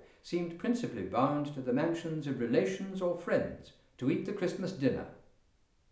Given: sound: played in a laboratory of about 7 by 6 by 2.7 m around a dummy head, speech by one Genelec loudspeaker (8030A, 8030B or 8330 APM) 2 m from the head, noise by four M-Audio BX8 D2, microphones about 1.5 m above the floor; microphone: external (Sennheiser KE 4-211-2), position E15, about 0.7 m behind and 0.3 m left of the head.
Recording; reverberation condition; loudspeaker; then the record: male speech in English; medium; 120 degrees to the left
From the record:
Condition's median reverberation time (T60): about 510 ms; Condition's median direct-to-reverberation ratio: about -0.5 dB